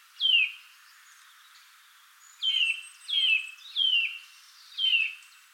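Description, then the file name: Eurasian nuthatch calls: five loud, clear downslurred whistled notes, one alone, then four more in a loose series. "Sitta europaea"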